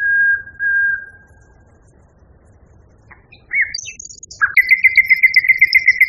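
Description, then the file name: Common nightingale song: two long level whistles, a silence, a few sharp varied notes, then a fast even series of loud repeated notes. Song variation. "kicauan nightingale b variasi. omkicau"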